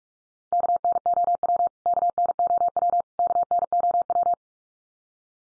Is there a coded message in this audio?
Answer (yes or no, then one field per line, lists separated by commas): yes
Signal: Morse code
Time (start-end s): 0.5-4.3 s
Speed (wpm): 46 wpm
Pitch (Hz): 700 Hz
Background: none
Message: KNOW KNOW KNOW